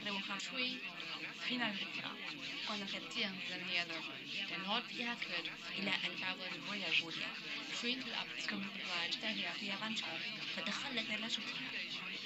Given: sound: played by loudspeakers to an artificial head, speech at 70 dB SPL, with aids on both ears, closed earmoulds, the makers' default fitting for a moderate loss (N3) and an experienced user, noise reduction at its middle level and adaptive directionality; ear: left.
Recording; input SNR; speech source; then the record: speech test signal (ISTS) in cocktail-party noise; +3 dB; in front (0 degrees)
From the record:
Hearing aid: class 1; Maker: D